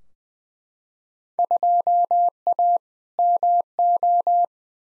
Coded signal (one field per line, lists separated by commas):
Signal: Morse code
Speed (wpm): 20 wpm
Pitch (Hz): 700 Hz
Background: none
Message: 2A MO